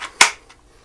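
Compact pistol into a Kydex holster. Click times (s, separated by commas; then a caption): 0.2 s. A Glock 19 compact pistol is pushed into an all-Kydex Galco belt holster (not an inside-the-waistband type) and snaps into its retention. After a brief soft rustle, a sharp, loud snap comes at 0.2 s, followed by a faint tick at 0.5 s. The pistol is seated.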